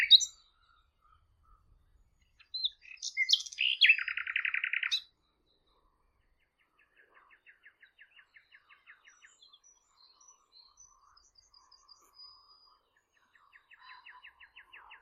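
Bird song with chirps leading into a loud rapid trill, followed by a faint, steady ticking series of notes.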